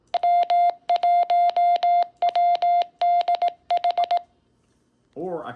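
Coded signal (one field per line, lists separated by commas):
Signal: Morse code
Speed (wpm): 18 wpm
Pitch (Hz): 700 Hz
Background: speech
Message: M1WDH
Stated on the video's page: CW from a Quansheng UV-K5 handheld running modified firmware that enables CW.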